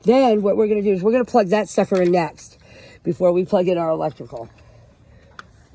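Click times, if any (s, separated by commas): 5.4 s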